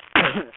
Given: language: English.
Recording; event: throat vibration sensor signal played as sound; cough